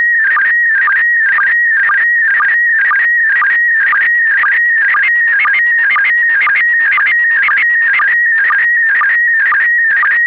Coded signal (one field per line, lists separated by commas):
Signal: SSTV (slow-scan television)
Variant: PD 120